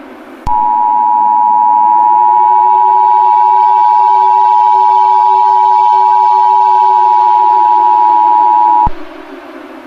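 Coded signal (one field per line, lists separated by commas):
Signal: Emergency Alert System (SAME) tones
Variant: 853 and 960 Hz attention tone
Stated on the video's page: Fictional EAS scenario inspired by a Battlefield 2042 event, not a real alert.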